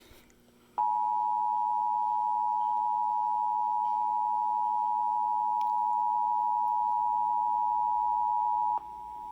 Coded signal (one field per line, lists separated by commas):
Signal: Emergency Alert System (SAME) tones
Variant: 853 and 960 Hz attention tone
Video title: EAS 1241 TOR NWS Lubbock